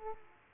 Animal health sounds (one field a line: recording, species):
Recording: mosquito wingbeat signal from an infrared sensor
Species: Aedes aegypti